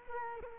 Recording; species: mosquito wingbeat signal from an infrared sensor; Culex quinquefasciatus